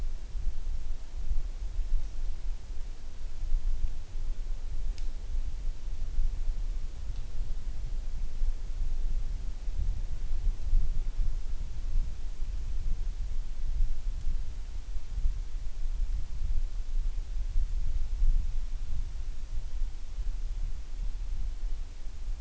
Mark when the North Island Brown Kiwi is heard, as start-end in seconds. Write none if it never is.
none